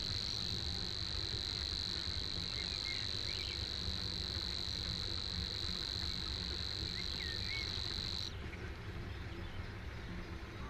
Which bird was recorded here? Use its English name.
Savi's Warbler